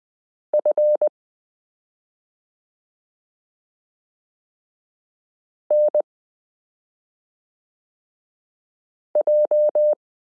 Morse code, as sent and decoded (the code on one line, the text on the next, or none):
..-. / -. .---
F NJ